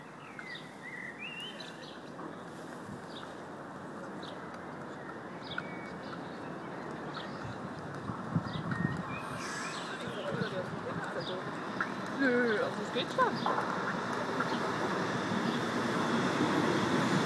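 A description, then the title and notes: Outdoor sounds at a footbridge: a dense, steady murmur of low rushing noise that slowly grows louder over the clip. Short bird chirps and calls dot the upper range throughout, with faint voices and possibly ducks. Sounds at Fußgängerbrücke.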